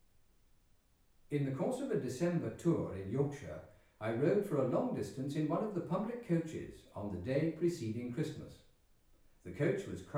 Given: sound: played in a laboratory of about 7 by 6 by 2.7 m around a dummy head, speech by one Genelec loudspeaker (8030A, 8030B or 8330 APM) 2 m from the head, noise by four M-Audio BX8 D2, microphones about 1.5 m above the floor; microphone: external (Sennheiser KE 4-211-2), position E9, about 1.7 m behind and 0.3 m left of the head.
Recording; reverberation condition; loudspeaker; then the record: male speech in English; medium; in front (0 degrees)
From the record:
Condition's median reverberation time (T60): about 510 ms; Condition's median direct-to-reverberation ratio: about -0.5 dB